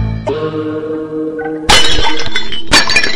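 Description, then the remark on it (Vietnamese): After a sustained low tonal hum, an empty glass beer bottle dropped on the floor smashes with a loud, sudden crash at about the midpoint, followed by a burst of scattering shards and tinkling fragments. “Lâm Mang hoảng loạn, làm vỏ chai bia rơi xuống đất vỡ tan.”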